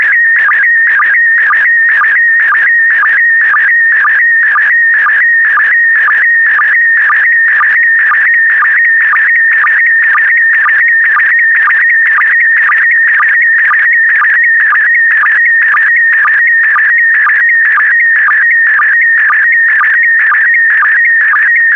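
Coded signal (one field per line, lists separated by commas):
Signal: SSTV (slow-scan television)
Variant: PD120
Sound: warbling whistle tone changing rapidly in pitch with regular low blips twice a second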